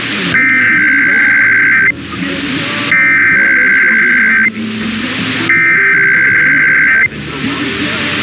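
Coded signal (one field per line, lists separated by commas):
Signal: Emergency Alert System (SAME) tones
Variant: header bursts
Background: speech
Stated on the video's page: Off-air captures of the Eastern, Central and Mountain IPAWS required weekly tests.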